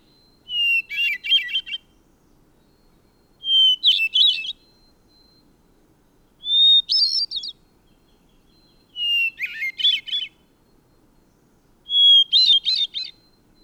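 Bird song in five phrases, each a pure whistle followed by a rapid twittering trill, with a faint thin tone between phrases.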